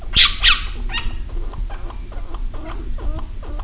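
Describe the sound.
Chinchilla squeaking calls: two sharp high squeaks at the start, then a run of softer repeated calls.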